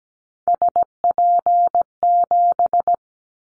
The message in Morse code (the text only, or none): SP7